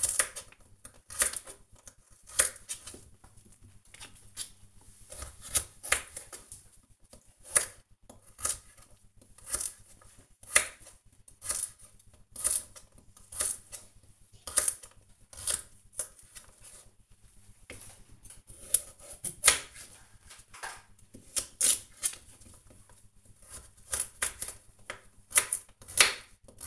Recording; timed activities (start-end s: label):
household activities, microphone on the right wrist
0.00-26.67 s: cutting vegetables